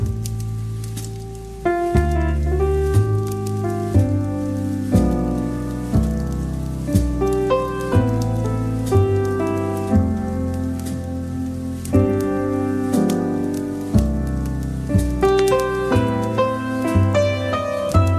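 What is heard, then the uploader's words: Soft light jazz plays steadily, with a warm, full bass line and mellow chords that change every second or so under a gently moving melody. A light crackling patter from a fireplace runs beneath the music throughout. Soft Light Jazz & Cozy Crackling Fireplace.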